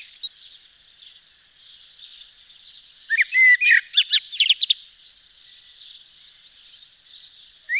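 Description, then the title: Eurasian blackbird song, a short run of mellow whistles ending in squeaky twitters, with a constant wash of high-pitched chirping from other birds. Recorded in Nord, northern France. "Sylvain Jaskowiak - Mes piafs. Merle noir dans le Nord"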